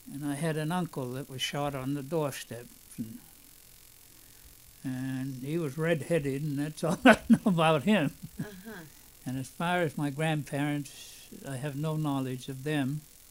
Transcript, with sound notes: I had an uncle that was shot on the doorstep. He was red-headed and that's all I know about him, (he laughs) and as far as my grandparents, I have no knowledge of them.